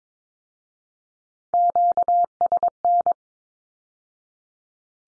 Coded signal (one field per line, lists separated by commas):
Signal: Morse code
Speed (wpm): 22 wpm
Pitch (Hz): 700 Hz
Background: none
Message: QSN